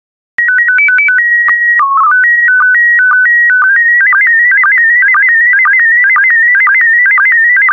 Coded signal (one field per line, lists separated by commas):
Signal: SSTV (slow-scan television)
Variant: PD 120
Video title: 224091 Portrait of Italy SSTV PD120